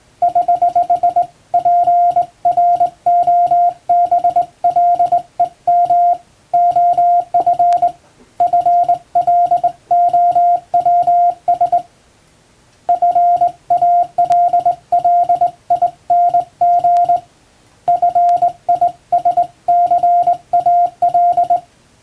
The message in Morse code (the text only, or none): <HH> PROBLEM OF FLOWS FALLING FISCAL